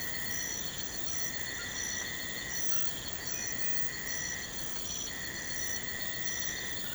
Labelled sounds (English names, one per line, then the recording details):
none
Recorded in pastures near Puerto Asís, Putumayo, Colombia, on 24 March 2025 at 02:30
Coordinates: 0.472, -76.329
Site G074